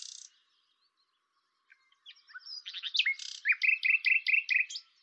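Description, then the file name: Common nightingale song: a brief buzzy burst, then a quiet pause, followed by varied notes building into a rhythmic series of repeated rattling phrases. "Luscinia megarhynchos"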